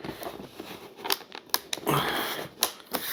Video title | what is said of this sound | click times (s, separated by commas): MY NEW FMS FOX 3M GLIDER UNBOX AND ASSEMBLY #aviation #rc #airplane | Okay, now I heard it click in, but it's kind of faint. You may not have heard it. | 1.5 s